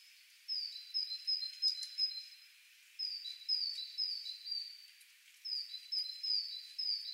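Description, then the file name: Great tit giving ringing two-note whistled phrases, high then low, delivered in three quick bursts of several repeats each, with a short gap between them. "Parus major"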